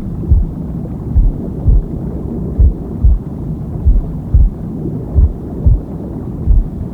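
A steady low whooshing rumble runs under deep paired thumps, each pair about half a second apart and recurring roughly 43 times a minute. This is a womb sound with a slow heartbeat, used as a deep-sleep aid.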